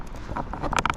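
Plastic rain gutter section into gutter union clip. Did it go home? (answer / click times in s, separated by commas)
no / none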